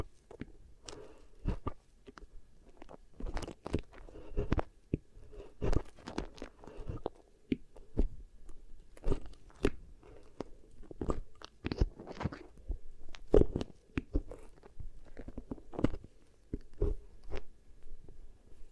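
Beeswax is pressed and worked against the ear, making sticky crackles and sharp crunchy clicks that come irregularly, several per second in busy stretches with brief pauses between. Beneath the snaps runs a soft, low rustling murmur that holds steady throughout.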